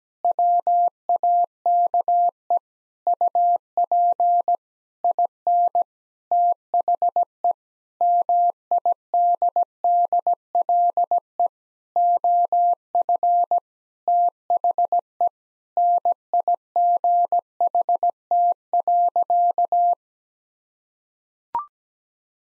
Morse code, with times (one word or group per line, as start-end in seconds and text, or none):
0.2-2.6 WAKE
3.1-4.6 UP
5.0-5.8 IN
6.3-7.5 THE
8.0-11.5 MIDDLE
12.0-13.6 OF
14.1-15.3 THE
15.8-19.9 NIGHT.